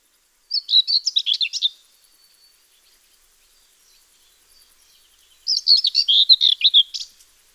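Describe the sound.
Common whitethroat song, two short scratchy warbling phrases separated by a few seconds of quiet.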